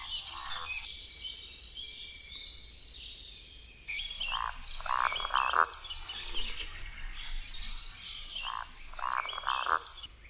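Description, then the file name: Eurasian woodcock gives three runs of low, pulsed croaking grunts, each with a sharp, high squeak, while other birds sing in the background. "SŁONKA"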